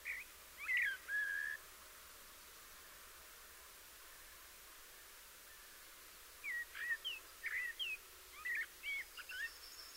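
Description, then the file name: Common blackbird giving short fluty whistled notes, one brief burst near the start and a run of clipped, slurred notes in the last four seconds, with quiet background hiss. "Turdus merula"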